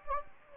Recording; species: mosquito wingbeat signal from an infrared sensor; Anopheles gambiae